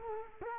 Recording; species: mosquito wingbeat signal from an infrared sensor; Culex quinquefasciatus